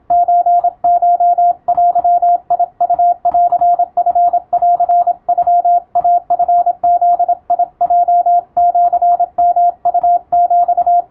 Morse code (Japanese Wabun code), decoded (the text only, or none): ソコデウンチンノイチブヲシヨウヒ